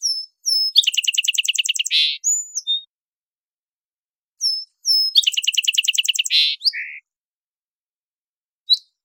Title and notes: Song Sparrow - Melospiza Melodia - Songs. Recorded in the beautiful Pacific Northwest, Washington, United States